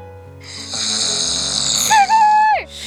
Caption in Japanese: 僕のいびき聞きますよ。 7時間58分のうち1時間8分いびきかいてます。 ゆうべすごい飲みすぎたんで。